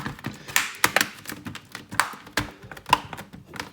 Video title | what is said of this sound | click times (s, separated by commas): ASUS X501A Upgrade SSD | Spingete, sentirete dei click. | 0.6 s, 0.8 s, 1.0 s, 2.0 s, 2.9 s